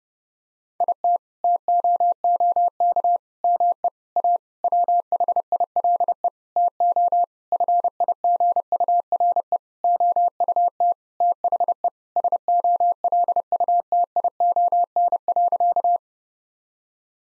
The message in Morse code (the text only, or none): IT TOOK ME A WHILE TO FIGURE OUT THE SOLUTION.